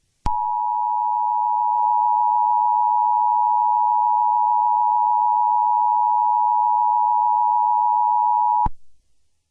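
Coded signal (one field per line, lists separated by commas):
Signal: Emergency Alert System (SAME) tones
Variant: 853 and 960 Hz attention tone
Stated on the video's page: Fictional EAS scenario, a simulated alert rather than a real broadcast.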